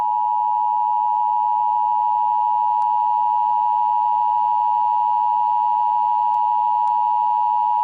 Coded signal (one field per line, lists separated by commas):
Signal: Emergency Alert System (SAME) tones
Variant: 853 and 960 Hz attention tone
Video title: The Silence Above An EAS Scenario #1